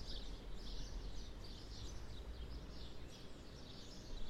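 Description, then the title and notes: Birds chirping faintly in a continuous high chorus over a loud low rumble. Birds nesting in trees either side of a path leading up to the church in Sete Cidades, Azores. "Atonal church bells, Sete Cidades. birds nesting in the trees either side of a path leading up to the church provide a more melodious accompaniment. Recorded by Cities and Memory"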